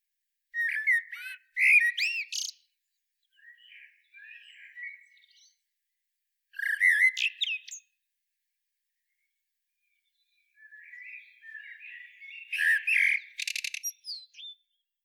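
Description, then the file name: Common blackbird singing three spaced bursts of mellow flutes mixed with shrill twittering, with quiet subdued warbling in the gaps. "Turdus merula"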